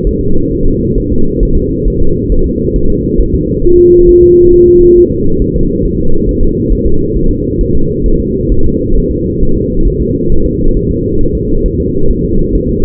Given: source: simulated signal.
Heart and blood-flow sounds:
fetal heart sounds
0.07 s: S1
0.21 s: S2
0.52 s: S1
0.66 s: S2
0.98 s: S1
1.12 s: S2
1.43 s: S1
1.57 s: S2
1.88 s: S1
2.02 s: S2
2.32 s: S1
2.46 s: S2
2.76 s: S1
2.90 s: S2
3.20 s: S1
3.34 s: S2
3.65 s: S1
3.79 s: S2
4.09 s: S1
4.23 s: S2
4.54 s: S1
4.68 s: S2
4.98 s: S1
5.12 s: S2
5.42 s: S1
5.56 s: S2
5.85 s: S1
5.99 s: S2
6.29 s: S1
6.43 s: S2
6.72 s: S1
6.87 s: S2
7.16 s: S1
7.31 s: S2
7.61 s: S1
7.75 s: S2
8.06 s: S1
8.20 s: S2
8.52 s: S1
8.66 s: S2
8.97 s: S1
9.11 s: S2
9.43 s: S1
9.57 s: S2
9.88 s: S1
10.02 s: S2
10.32 s: S1
10.46 s: S2
10.77 s: S1
10.91 s: S2
11.21 s: S1
11.35 s: S2
11.66 s: S1
11.80 s: S2
12.10 s: S1
12.25 s: S2
12.55 s: S1
12.69 s: S2
From the record:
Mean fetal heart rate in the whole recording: 135 bpm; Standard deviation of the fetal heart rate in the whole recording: 3 bpm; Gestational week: 36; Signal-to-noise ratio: -19.1 dB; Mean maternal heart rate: 72 bpm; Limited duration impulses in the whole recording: present

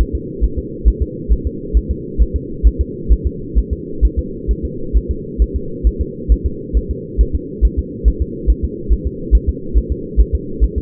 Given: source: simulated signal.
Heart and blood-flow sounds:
fetal heart sounds
0.01 s: S1
0.15 s: S2
0.44 s: S1
0.59 s: S2
0.88 s: S1
1.02 s: S2
1.33 s: S1
1.47 s: S2
1.77 s: S1
1.91 s: S2
2.22 s: S1
2.36 s: S2
2.67 s: S1
2.81 s: S2
3.12 s: S1
3.27 s: S2
3.59 s: S1
3.73 s: S2
4.05 s: S1
4.19 s: S2
4.51 s: S1
4.65 s: S2
4.97 s: S1
5.11 s: S2
5.42 s: S1
5.56 s: S2
5.87 s: S1
6.01 s: S2
6.32 s: S1
6.46 s: S2
6.77 s: S1
6.91 s: S2
7.21 s: S1
7.35 s: S2
7.65 s: S1
7.79 s: S2
8.08 s: S1
8.22 s: S2
8.50 s: S1
8.64 s: S2
8.92 s: S1
9.07 s: S2
9.35 s: S1
9.49 s: S2
9.77 s: S1
9.92 s: S2
10.20 s: S1
10.35 s: S2
10.64 s: S1
10.78 s: S2
From the record:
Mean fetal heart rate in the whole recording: 135 bpm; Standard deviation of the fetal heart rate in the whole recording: 3 bpm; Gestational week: 34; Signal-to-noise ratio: -4.3 dB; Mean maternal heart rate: 72 bpm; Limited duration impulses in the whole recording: absent

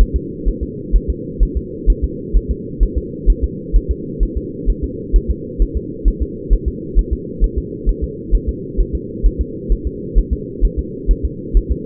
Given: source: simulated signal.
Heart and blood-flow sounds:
fetal heart sounds
0.01 s: S1
0.16 s: S2
0.48 s: S1
0.63 s: S2
0.96 s: S1
1.10 s: S2
1.43 s: S1
1.57 s: S2
1.90 s: S1
2.04 s: S2
2.37 s: S1
2.51 s: S2
2.83 s: S1
2.98 s: S2
3.30 s: S1
3.44 s: S2
3.76 s: S1
3.91 s: S2
4.23 s: S1
4.37 s: S2
4.70 s: S1
4.84 s: S2
5.16 s: S1
5.31 s: S2
5.62 s: S1
5.77 s: S2
6.08 s: S1
6.22 s: S2
6.53 s: S1
6.68 s: S2
6.99 s: S1
7.13 s: S2
7.44 s: S1
7.58 s: S2
7.89 s: S1
8.04 s: S2
8.35 s: S1
8.49 s: S2
8.80 s: S1
8.95 s: S2
9.26 s: S1
9.41 s: S2
9.72 s: S1
9.87 s: S2
10.19 s: S1
10.33 s: S2
10.65 s: S1
10.79 s: S2
11.11 s: S1
11.25 s: S2
11.57 s: S1
11.71 s: S2
From the record:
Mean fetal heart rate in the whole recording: 130 bpm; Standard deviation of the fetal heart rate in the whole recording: 2 bpm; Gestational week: 36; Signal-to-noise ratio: -4.1 dB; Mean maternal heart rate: no maternal heart sound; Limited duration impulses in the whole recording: absent

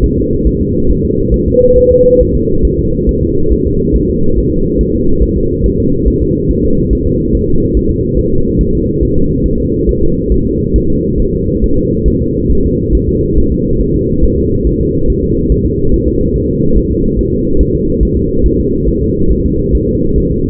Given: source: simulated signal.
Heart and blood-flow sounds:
fetal heart sounds
0.04 s: S1
0.18 s: S2
0.47 s: S1
0.61 s: S2
0.91 s: S1
1.05 s: S2
1.34 s: S1
1.48 s: S2
1.77 s: S1
1.92 s: S2
2.21 s: S1
2.35 s: S2
2.65 s: S1
2.79 s: S2
3.09 s: S1
3.23 s: S2
3.52 s: S1
3.67 s: S2
3.96 s: S1
4.10 s: S2
4.38 s: S1
4.53 s: S2
4.81 s: S1
4.95 s: S2
5.23 s: S1
5.37 s: S2
5.66 s: S1
5.80 s: S2
6.08 s: S1
6.22 s: S2
6.51 s: S1
6.65 s: S2
6.93 s: S1
7.07 s: S2
7.35 s: S1
7.49 s: S2
7.77 s: S1
7.91 s: S2
8.19 s: S1
8.33 s: S2
8.61 s: S1
8.75 s: S2
9.03 s: S1
9.17 s: S2
9.46 s: S1
9.60 s: S2
9.89 s: S1
10.03 s: S2
10.32 s: S1
10.46 s: S2
10.76 s: S1
10.90 s: S2
11.20 s: S1
11.34 s: S2
11.64 s: S1
11.78 s: S2
12.08 s: S1
12.22 s: S2
12.52 s: S1
12.66 s: S2
12.95 s: S1
13.09 s: S2
13.38 s: S1
13.52 s: S2
13.81 s: S1
13.96 s: S2
14.24 s: S1
14.38 s: S2
14.67 s: S1
14.81 s: S2
15.10 s: S1
15.24 s: S2
15.52 s: S1
15.66 s: S2
15.94 s: S1
16.08 s: S2
16.36 s: S1
16.50 s: S2
16.77 s: S1
16.91 s: S2
17.19 s: S1
17.33 s: S2
17.61 s: S1
17.75 s: S2
18.03 s: S1
18.17 s: S2
18.46 s: S1
18.60 s: S2
18.89 s: S1
19.03 s: S2
19.32 s: S1
19.46 s: S2
19.75 s: S1
19.89 s: S2
20.18 s: S1
20.32 s: S2
From the record:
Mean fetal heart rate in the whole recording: 140 bpm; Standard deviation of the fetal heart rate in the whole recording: 2 bpm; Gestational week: 34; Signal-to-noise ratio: -16.4 dB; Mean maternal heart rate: 72 bpm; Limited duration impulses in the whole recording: present

